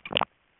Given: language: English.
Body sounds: throat vibration sensor signal played as sound; swallow

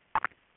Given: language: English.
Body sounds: throat vibration sensor signal played as sound; swallow

